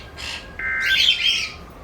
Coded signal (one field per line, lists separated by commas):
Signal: Emergency Alert System (SAME) tones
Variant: end-of-message bursts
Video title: Flash flood warning from Mount Holly, NJ on 3 stations (KWO35, WXM60 and WXL39) EAS #703-704-705